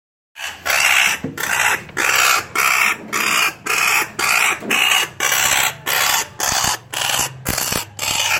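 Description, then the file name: Oilbird screams: harsh, rasping shrieks in a rapid, evenly spaced series of many bursts. In caves. "guacharo des cavernes"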